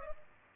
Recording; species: mosquito wingbeat signal from an infrared sensor; Culex pipiens